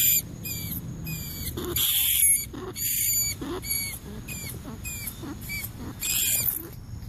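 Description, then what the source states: Rat: rodent squeaking: a series of thin, high squeaks with slight downward slurs, broken by a few louder raspy squeals, with low background hum throughout. Squeaking for help, calling to the group.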